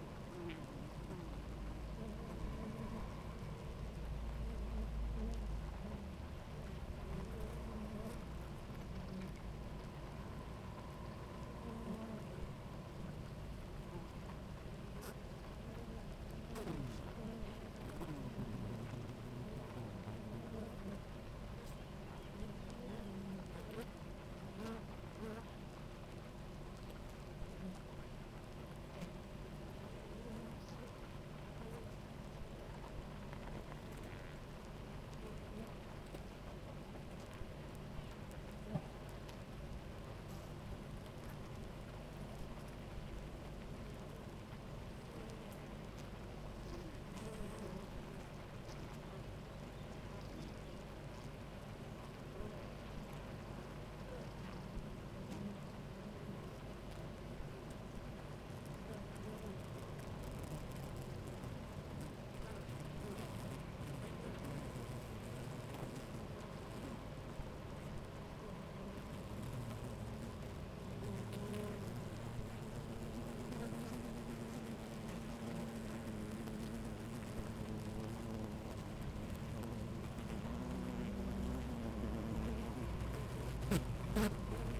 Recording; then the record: honeybee colony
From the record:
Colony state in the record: active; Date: 28 July 2017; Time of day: 11:03